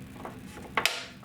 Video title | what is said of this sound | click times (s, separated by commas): Smallest Pro Max Switch! In-Depth Unboxing + Rack Mount + Etherlighting Cables | You heard that click, and that's because it locked in here. | 0.8 s